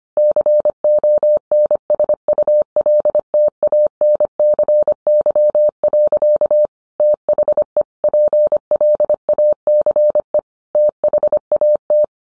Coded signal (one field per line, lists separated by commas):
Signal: Morse code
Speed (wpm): 25 wpm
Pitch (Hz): 600 Hz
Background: none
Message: CONSULTANCY. THE PLACE THAT